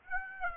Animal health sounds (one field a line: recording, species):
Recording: mosquito wingbeat signal from an infrared sensor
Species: Aedes aegypti